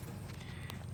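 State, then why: Seated. A new vehicle speed sensor with an O-ring is pushed into its bore on the transmission housing of a 2011 Chevy Impala, held by a 10-millimeter bolt, as part of a repair for a jumping speedometer and rough shifting. Over a steady low hum, a single sharp snap is heard at 0.7 s as the sensor seats into place.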